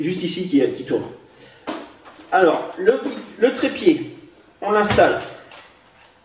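A tripod is handled as it is being fitted onto the underside of a plastic toy foam-dart blaster, where two small hooks are meant to clip in. Someone talks throughout, with a short sharp sound near 5.5 s. Nothing has seated or clicked yet.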